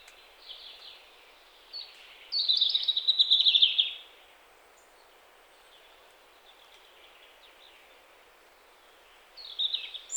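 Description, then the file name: European robin song: one rapid, sparkling trill of high notes early, then quiet background hiss, with another short high phrase starting at the close. "Erithacus rubecula"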